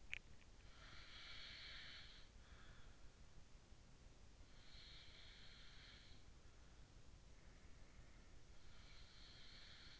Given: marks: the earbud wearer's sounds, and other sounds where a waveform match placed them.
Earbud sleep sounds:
sounds in sleep by an in-ear microphone; teeth grinding
0.00-0.31 s: teeth grinding
0.66-3.06 s: sound from someone else or the room
4.52-6.21 s: sound from someone else or the room
7.32-9.99 s: sound from someone else or the room

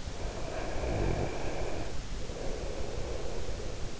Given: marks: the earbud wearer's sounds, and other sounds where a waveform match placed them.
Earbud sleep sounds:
sounds in sleep by an in-ear microphone; snoring breath
0.33-4.00 s: snoring breath

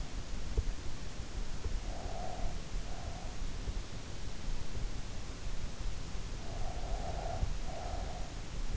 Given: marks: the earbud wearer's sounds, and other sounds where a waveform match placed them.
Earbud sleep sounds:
sounds in sleep by an in-ear microphone; breath
1.25-3.38 s: breath
6.27-8.55 s: breath

